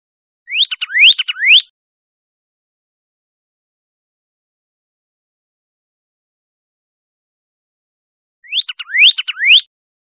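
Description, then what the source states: Pyrrhuloxia song: two bursts of rising slurred whistles mixed with short notes, about a second each, separated by a long silence of roughly seven seconds. Recorded 28 April 2001.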